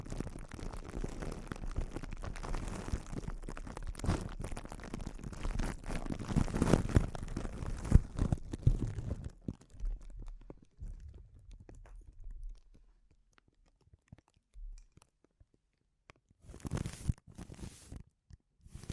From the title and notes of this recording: ASMR Sensitive Crinkles (No Talking).